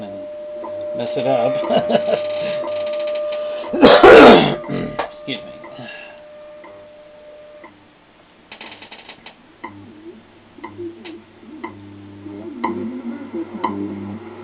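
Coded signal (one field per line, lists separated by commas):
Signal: radio time signal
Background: speech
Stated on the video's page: Top-of-the-hour station identification from shortwave time stations WWV and WWVH.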